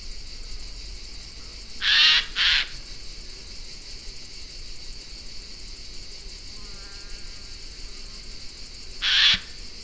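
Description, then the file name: Eurasian jay producing two quick rasping screeches in close succession, then a long pause before a third, with a steady high-pitched hiss throughout. "Garrulus glandarius"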